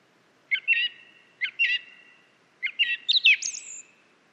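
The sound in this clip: Song thrush song: the same short phrase given three times, the last ending in a higher flourish, over faint background hiss.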